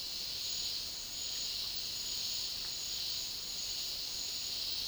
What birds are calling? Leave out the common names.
none